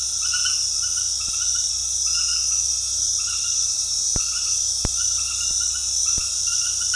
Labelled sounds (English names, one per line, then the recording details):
none
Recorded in dense forest near Puerto Asís, Putumayo, Colombia, on 21 February 2024 at 20:30
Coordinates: 0.485, -76.322
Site G6406